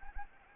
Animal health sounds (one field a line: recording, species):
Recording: mosquito wingbeat signal from an infrared sensor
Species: Anopheles arabiensis